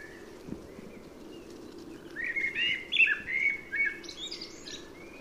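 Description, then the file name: Common blackbird: quiet opening, then a common blackbird sings mellow warbled whistles that trail off into high, thin twittering notes. "Turdus merula"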